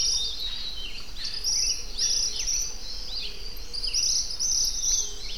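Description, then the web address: Suiriri flycatcher song: sharp, descending chattering notes in short bursts, over a steady high insect buzz. "cantos suirireal"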